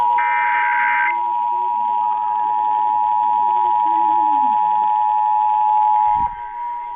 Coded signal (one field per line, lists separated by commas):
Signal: Emergency Alert System (SAME) tones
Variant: 853 and 960 Hz attention tone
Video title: Pennsylvania EAS Test - 8/16/18